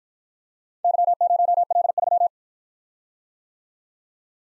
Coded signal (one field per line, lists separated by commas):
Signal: Morse code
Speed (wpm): 53 wpm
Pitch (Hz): 700 Hz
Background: none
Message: Y0L3